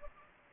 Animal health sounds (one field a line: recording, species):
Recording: mosquito wingbeat signal from an infrared sensor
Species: Anopheles gambiae